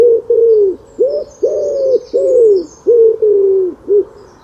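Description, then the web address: Bird giving loud cooing notes, a run of eight hollow coos in quick succession with short gaps between them. "birddata Deverinetal 2025 Bird Only"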